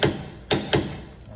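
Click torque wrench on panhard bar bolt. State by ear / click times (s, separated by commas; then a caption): torque reached / 0.5 s. A click-type torque wrench tightens a Panhard bar bolt to 129 ft-lb during an S197 anti-squat/lower control arm relocation kit install. Three sharp metallic clicks ring out at about 0.0, 0.5 and 0.7 seconds, with the wrench's click at 0.5 seconds. The bolt reaches its 129 ft-lb torque.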